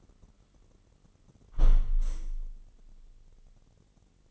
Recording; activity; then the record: daily activity, microphone in the room; close window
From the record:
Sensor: 4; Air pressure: 999.4 hPa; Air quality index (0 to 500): 108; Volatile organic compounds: 2 ppm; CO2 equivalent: 1070 ppm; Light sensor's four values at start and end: 13/32/13/14 and 13/32/13/14